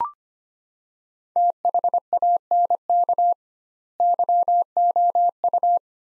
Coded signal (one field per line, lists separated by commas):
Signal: Morse code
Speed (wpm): 25 wpm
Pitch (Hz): 700 Hz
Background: none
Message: THANK YOU